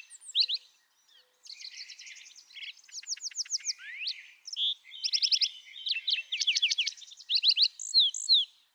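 Lark sparrow singing a complex, jumbled song of high trills, buzzes, sweeping slurred notes and quick repeated chip series, with a brief pause near the start and then continuing steadily.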